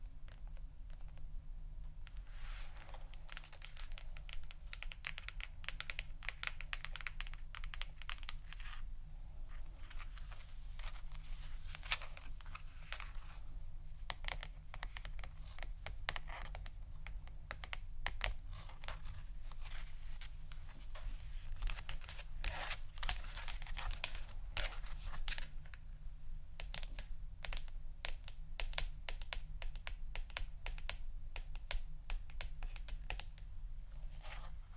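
Intoxicating tapping: dense, rapid clicks and taps like fingers on a keyboard, sometimes bursting into quicker flurries over a steady low hum.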